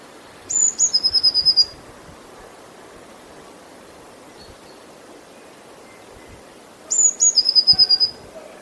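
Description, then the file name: Eurasian blue tit singing high piping notes, then a rapid run of identical lower notes, the phrase repeated about six seconds later. "Cyanistes caeruleus"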